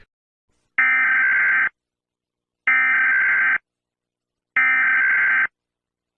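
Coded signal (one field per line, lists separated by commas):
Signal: Emergency Alert System (SAME) tones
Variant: header bursts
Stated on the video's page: Fictional EAS scenario.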